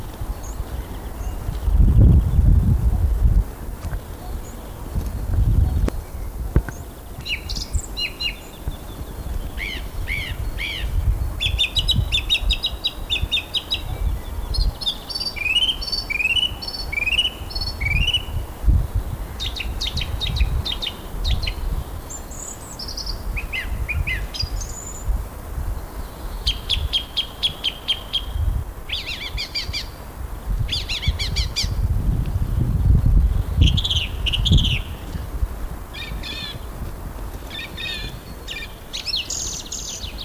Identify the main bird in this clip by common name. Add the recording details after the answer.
Song Thrush. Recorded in the wild. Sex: male. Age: adult. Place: Friedhof Lübars, Berlin, DE. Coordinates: 52.6, 13.35. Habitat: city cemetery. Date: 2000-03-26 14:24. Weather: overcast, 12°C. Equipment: Nagra SN, Kopie Uher 4000 Report Monitor. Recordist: Tembrock, Günter. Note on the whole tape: Gesang, längere Strecke